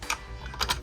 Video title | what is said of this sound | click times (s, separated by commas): Can I Restore a Vintage Cobra Hydrofoil (Moray) GI Joe | at least one clicked in. | 0.6 s